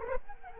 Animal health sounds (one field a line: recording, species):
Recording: mosquito wingbeat signal from an infrared sensor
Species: Culex quinquefasciatus